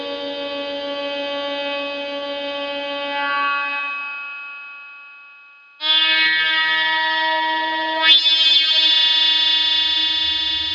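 An analog noise scape of dense, buzzing drones stacked in steady layers, shimmering and slowly shifting tone. The first drone fades out around four seconds, then a brighter, harsher chord cuts in near six seconds, with a sharp rising sweep just after eight.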